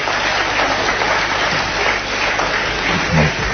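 Steady audience applause opening the program Música para ver, a dense wash of many hands clapping at a constant loud level for several seconds, with a faint voice briefly surfacing near the end.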